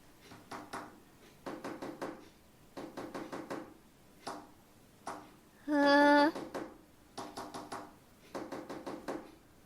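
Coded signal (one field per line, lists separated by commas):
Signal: tap code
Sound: groups of knocks on a table, mostly four or five quick taps each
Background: brief hum, small room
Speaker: Oh! Oh! I looked up the knock codes that Eve did on the table. There's 2. She taps bye Hannah and love you.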